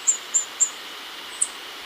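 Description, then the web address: Yellow-faced grassquit giving four very high, thin, short call notes, three evenly spaced and one after a pause, over a steady faint hiss. Ecuador. "Natures Songs S America Birds of Ecuador Yellow-faced Grassquit"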